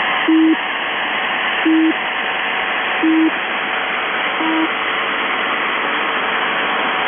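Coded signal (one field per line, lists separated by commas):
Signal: channel marker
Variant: UVB-76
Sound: four short low steady beeps about 1.4 seconds apart over hissy radio static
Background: radio static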